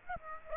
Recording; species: mosquito wingbeat signal from an infrared sensor; Aedes aegypti